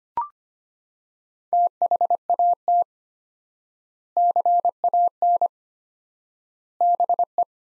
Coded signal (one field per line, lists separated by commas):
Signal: Morse code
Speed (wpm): 25 wpm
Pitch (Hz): 700 Hz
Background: none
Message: THAT CAN BE